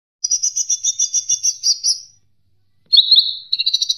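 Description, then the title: Leafbird song: a steady pulsed trill lasting about two seconds, a pause, then a slurred note running into another rapid trill. "CUCAK IJO"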